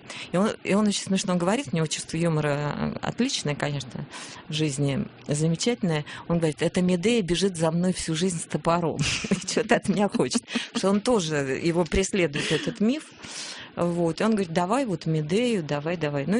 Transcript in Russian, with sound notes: И он очень смешно говорит мне, у него чувство юмора отличное, конечно, к жизни, замечательное. Он мне говорит: «Эта Медея бежит за мной всю жизнь с топором и чего-то от меня хочет». (смеется) Потому что он тоже, его преследует этот миф, и он говорит «Давай вот Медею, давай-давай».